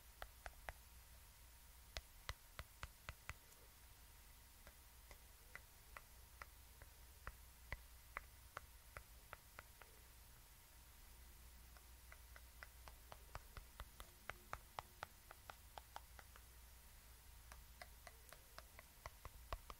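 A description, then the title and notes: Scissors snip in sharp, crisp clicks, roughly two each second for the whole stretch, over a steady soft hiss and faint low hum. HAND MOVEMENTS, SCISSORS.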